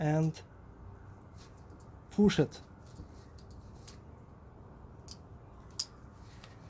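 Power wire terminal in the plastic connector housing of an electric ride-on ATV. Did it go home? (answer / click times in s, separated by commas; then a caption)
released / 5.8 s. Someone talks while a small flat screwdriver is inserted into the middle of the power wire connector on a Rosso electric ride-on ATV and pushed to release the clicked-in terminal from its plastic housing. Faint ticks follow, then a sharp click at 5.8 s as the terminal pops out of the housing.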